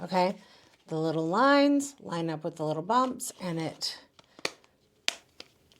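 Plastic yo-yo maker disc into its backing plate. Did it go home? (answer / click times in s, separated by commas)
yes / 5.1 s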